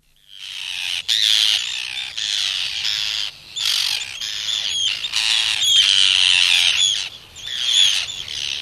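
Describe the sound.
Arctic tern calls, a noisy chorus of harsh, scratchy screeches in overlapping bursts.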